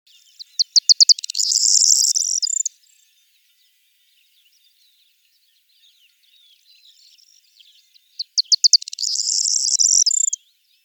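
Corn bunting song, given twice: a few dry ticks quickening into a high, glassy jangling rattle.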